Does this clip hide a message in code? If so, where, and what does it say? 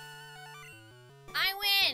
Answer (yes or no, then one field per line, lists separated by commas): no